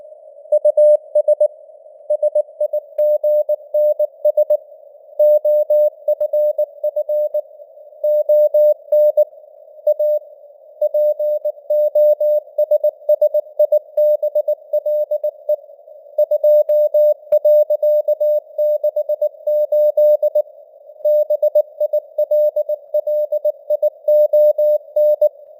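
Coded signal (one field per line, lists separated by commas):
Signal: Morse code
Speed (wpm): 19 wpm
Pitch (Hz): 600 Hz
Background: none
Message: US SIGNS OFF ON A POSSIBLE 2.68 BILLION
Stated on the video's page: Morse news headlines at 19 wpm with simulated radio noise and varying signal strength (QSB).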